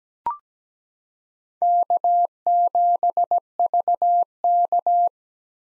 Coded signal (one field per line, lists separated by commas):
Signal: Morse code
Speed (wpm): 17 wpm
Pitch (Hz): 700 Hz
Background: none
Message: K7VK